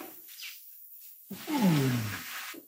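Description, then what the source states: Orangutan long call: a loud, deep roaring pulse sliding downward with rich harmonics, following a short quieter rumble after a brief pause. Male long call, used as acoustic data to reconstruct evolutionary relationships.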